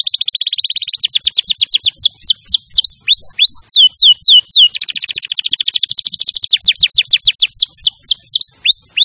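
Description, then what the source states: Canary song, loud and high-pitched, mixing rapid rolling trills with series of sweeping whistled notes, continuous with barely a pause. Champion canary song used as a master recording for training other birds.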